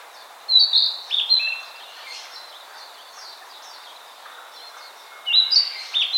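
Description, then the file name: Narcissus flycatcher song: a short burst of whistled, slurred phrases at the start, quiet faint chirps in between, then another bright whistled phrase at the end. "Ficedula narcissina"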